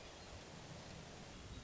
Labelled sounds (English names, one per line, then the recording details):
Hermit Thrush
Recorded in Sonoma County, California